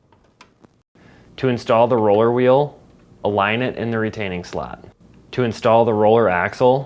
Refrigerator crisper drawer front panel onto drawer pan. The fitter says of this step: Then push until the panel snaps into place.